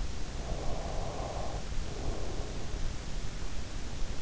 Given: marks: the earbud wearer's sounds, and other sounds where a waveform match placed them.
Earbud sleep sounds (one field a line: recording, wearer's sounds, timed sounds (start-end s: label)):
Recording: sounds in sleep by an in-ear microphone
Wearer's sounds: breath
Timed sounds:
0.06-3.39 s: breath